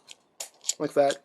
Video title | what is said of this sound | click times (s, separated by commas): Transformers Masterpiece Movie Optimus prime | will clip in right there like | 0.4 s